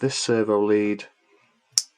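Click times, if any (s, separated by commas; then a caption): 1.8 s. Someone talks for about the first second while a servo lead with crimped pins, being made up for an APM Mini 3.1 power, motor and ESC setup, is slid into its plastic connector cover. After a brief quiet, a single short, sharp click sounds at 1.8 seconds as the lead latches and is seated in the cover.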